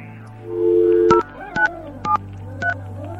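A phone number is punched in on a keypad: a steady tone gives way to four short, bright two-note beeps at uneven intervals, each starting with a faint click, over a low continuous hum.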